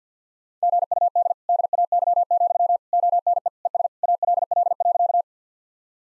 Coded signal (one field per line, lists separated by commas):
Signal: Morse code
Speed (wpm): 50 wpm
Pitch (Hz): 700 Hz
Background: none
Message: GUD DAY, ONE ES ALL.